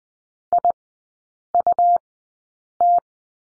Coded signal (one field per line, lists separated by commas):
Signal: Morse code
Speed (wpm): 20 wpm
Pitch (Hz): 700 Hz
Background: none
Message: IUT